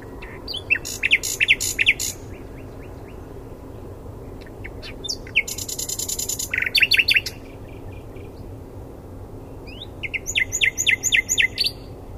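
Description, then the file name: Common nightingale song with clusters of quick clicks and chirps, a dense buzzy rattle midway, and a final burst of rapidly repeated notes. "Luscinia megarhynchos"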